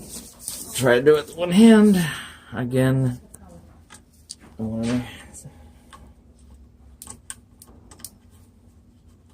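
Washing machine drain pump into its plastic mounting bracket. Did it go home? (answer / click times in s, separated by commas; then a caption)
no / none. Someone talks while pressing the replacement plastic drain pump of a Maytag Epic top-load washing machine, which won't drain water, one-handed into its hooked plastic mounting bracket. After the talking, faint scattered taps and handling noises are heard as the pump is worked toward the mount. Nothing has seated or clicked yet.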